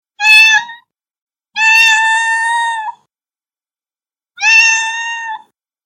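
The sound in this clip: Cat: kitten meows, three harmonic-rich mews: a short one, a longer drawn-out one, then a third after a pause, otherwise silent.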